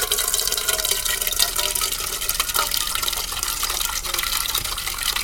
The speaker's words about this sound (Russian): Следующий день Кука набирает в кастрюлю воду из крана.